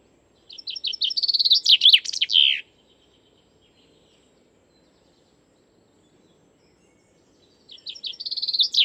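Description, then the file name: Common chaffinch singing a rattling descending trill capped by an accented flourish, followed by several seconds of quiet before the next song begins and is cut off. "suara chaffinch"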